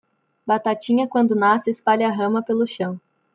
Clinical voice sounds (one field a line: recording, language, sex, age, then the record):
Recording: short text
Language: Brazilian Portuguese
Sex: female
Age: 20 to 29 years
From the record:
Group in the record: control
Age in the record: 21 years